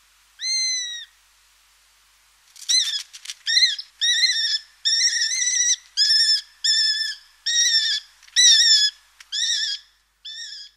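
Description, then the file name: Eurasian sparrowhawk calls: a lone drawn whistle, then a pause, then a run of drawn, slightly harsh whistled notes repeated roughly once a second. "Epervier-d Europe"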